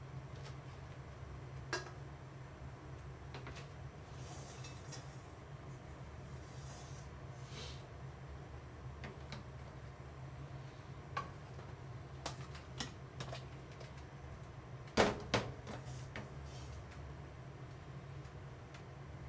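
Kitchen sounds after washing up: a steady low hum runs throughout, with scattered light clicks and clatters of dishes every few seconds. A sharper pair of knocks stands out around fifteen seconds, then the quiet clatter resumes.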